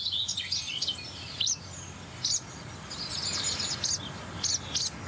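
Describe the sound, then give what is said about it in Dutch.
Barn swallow calling: a run of quick, high twittering chirps and short bright notes in bursts, over a steady low rumbling background, with no talking. “Boerenzwaluw weer.”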